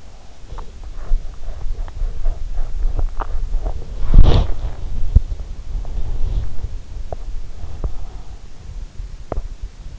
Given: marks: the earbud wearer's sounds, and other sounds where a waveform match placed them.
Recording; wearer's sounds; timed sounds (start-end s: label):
sounds in sleep by an in-ear microphone; teeth grinding, body movement
0.00-3.89 s: teeth grinding
4.06-7.00 s: body movement
7.05-7.32 s: teeth grinding
7.58-8.28 s: teeth grinding
9.24-9.43 s: teeth grinding